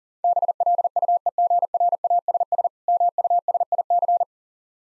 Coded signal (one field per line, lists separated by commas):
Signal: Morse code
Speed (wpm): 41 wpm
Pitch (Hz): 700 Hz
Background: none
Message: BLUEGRASS MUSIC